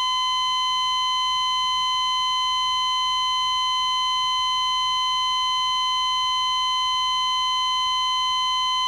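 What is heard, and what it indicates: A continuous, unbroken tone at about 1 kHz, with steady harmonics, from an electrocardiogram monitor showing a flatline.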